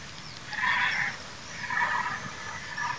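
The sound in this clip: Cape vulture calling in hoarse, grating bursts, three rough cackling phrases with short pauses between them, over constant background hiss.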